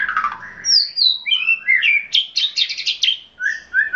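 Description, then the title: Oriental magpie-robin singing a varied run of whistled phrases, sliding down from high notes, then rapid clipped notes and short low whistles at the end. "Kicau Kacer"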